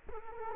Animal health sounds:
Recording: mosquito wingbeat signal from an infrared sensor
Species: Culex quinquefasciatus

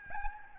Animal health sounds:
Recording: mosquito wingbeat signal from an infrared sensor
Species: Aedes albopictus

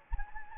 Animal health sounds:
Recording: mosquito wingbeat signal from an infrared sensor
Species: Anopheles gambiae

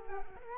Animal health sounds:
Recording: mosquito wingbeat signal from an infrared sensor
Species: Culex quinquefasciatus

